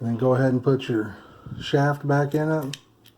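Someone talks while a metal shaft is handled to go back into a baitcasting reel assembly on an Abu Garcia 5500/6500 Pro Rocket CS or Catfish Special being cleaned, with faint handling noise near the end. Nothing has seated or clicked yet.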